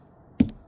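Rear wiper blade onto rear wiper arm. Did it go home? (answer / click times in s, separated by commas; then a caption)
yes / 0.4 s, 0.5 s. A replacement rear wiper blade on a 2014–2019 Kia Soul is fitted by its D-shaped hook onto the rear wiper arm and pushed until it pops into place. Two sharp clicks are heard, a louder one at 0.4 s and a lighter one at 0.5 s. The blade is seated on the arm.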